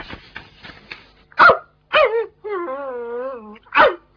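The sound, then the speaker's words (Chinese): A dog gives a greeting: a couple of sharp, high barks, a drawn-out wavering whine, then one more bark, after some soft, rough grumbling at the start. “不知啊，吠两下打个招呼先嘛。”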